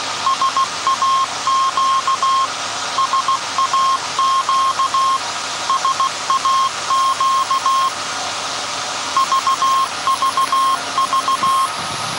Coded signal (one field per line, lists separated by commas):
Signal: Morse code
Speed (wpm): 16 wpm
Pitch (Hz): 1070 Hz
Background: none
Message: SAQ SAQ SAQ VVV